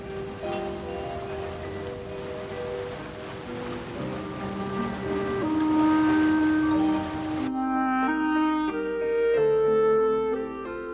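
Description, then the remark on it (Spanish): Steady rain hisses beneath a soft, sustained musical score, the patter cutting off abruptly about two-thirds through and leaving only the music. “No te preocupes, seguramente pronto dejará de llover.”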